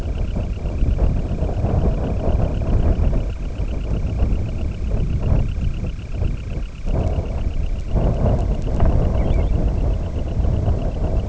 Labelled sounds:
Dunlin
unidentified sound
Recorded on Arctic tundra, site IGLO-D, on 18 June 2018
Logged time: 04:00

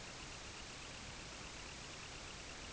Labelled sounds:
Semipalmated Sandpiper
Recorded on Arctic tundra, site IGLO-D, on 16 June 2018
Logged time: 12:00

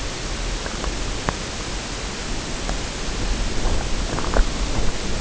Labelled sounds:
none
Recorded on Arctic tundra, site UTQI-0, on 14 June 2019
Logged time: 16:00

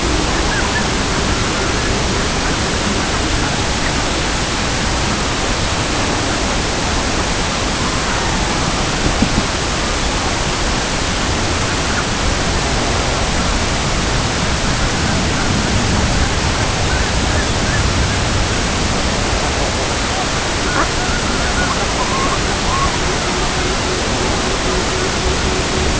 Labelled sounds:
unidentified sound
Pectoral Sandpiper
Red-throated Loon
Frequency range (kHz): Red-throated Loon 0.7-2.2 kHz
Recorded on Arctic tundra, site CORI-1, on 16 June 2018
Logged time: 06:00

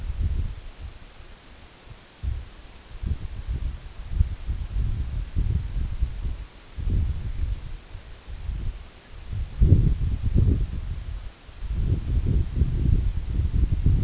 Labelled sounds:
Canada Goose
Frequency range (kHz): Canada Goose 0.9-2.1 kHz
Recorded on Arctic tundra, site EABA-1, on 24 June 2018
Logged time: 10:00

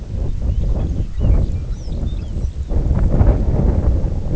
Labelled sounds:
Lapland Longspur
White-rumped Sandpiper
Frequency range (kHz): Lapland Longspur 2.0-7.0 kHz
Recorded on Arctic tundra, site IGLO-D, on 19 June 2018
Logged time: 18:00

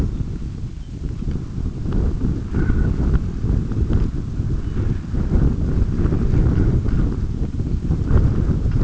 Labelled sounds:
Lapland Longspur
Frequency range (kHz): Lapland Longspur 2.5-4.3 kHz
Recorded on Arctic tundra, site UTQI-5, on 26 June 2018
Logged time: 20:00

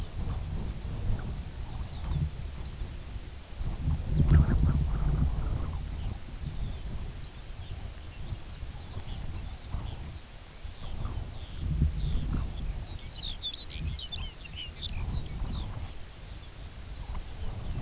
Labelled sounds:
unidentified sound
Lapland Longspur
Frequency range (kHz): Lapland Longspur 1.1-6.9 kHz
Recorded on Arctic tundra, site UTQI-2, on 15 June 2019
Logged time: 02:00

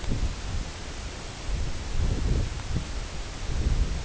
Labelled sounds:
none
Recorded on Arctic tundra, site CORI-1, on 18 June 2018
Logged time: 22:00

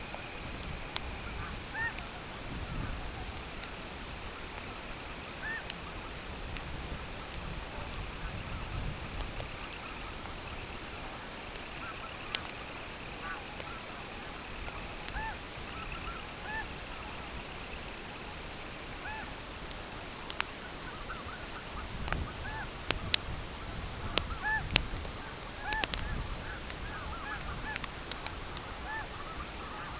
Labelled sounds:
Semipalmated Sandpiper
unidentified sound
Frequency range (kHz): Semipalmated Sandpiper 2.0-3.3 kHz
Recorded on Arctic tundra, site CORI-1, on 12 June 2018
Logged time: 08:00

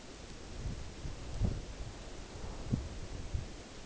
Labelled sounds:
none
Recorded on Arctic tundra, site UTQI-5, on 14 June 2019
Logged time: 10:00

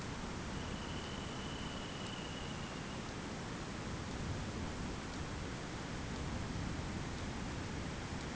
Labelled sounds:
Dunlin
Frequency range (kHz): Dunlin 2.1-3.8 kHz
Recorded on Arctic tundra, site ZACK-1, on 15 June 2019
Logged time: 21:49

